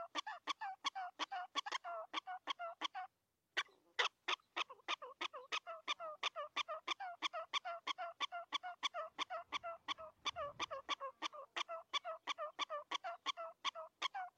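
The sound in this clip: Prairie dog calling in an insistent train of short chirped barks, close to three per second, with a silent break around three seconds.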